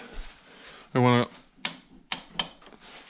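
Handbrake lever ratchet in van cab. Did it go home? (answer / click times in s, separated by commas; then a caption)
yes / 1.7 s, 2.1 s, 2.4 s. In the cab of a Fiat Ducato van, after its rear brake shoes and handbrake cables are replaced, the handbrake lever is pulled up to test the adjustment while someone talks. The ratchet pawl gives three clear clicks at 1.7, 2.1 and 2.4 seconds as it locks, followed by two faint ticks. Three clicks is judged the perfect handbrake setting.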